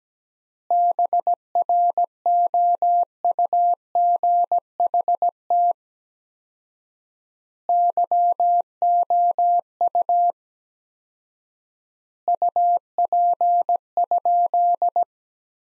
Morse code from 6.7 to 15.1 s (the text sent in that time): YOU UP?